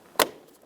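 A plastic trim piece on the door panel of a 2006–2010 Ford Explorer, during a driver side mirror replacement, is rolled in bottom first and then pressed in. It snaps into the door panel with a sharp, bright click at 0.2 s, followed by quiet. The piece is seated and secure.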